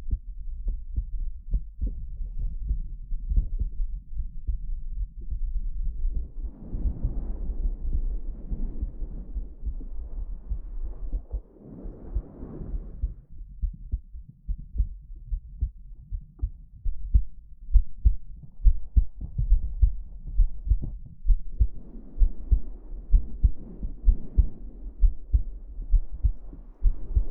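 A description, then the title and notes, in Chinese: A low heartbeat thumps steadily through the whole recording, deep and muffled with a soft resonant hum beneath it. Soft brushing sounds of hair being stroked rise over it in patches, around 7 and 12 seconds and again from about 22 seconds on. 心跳声&头发抚摸。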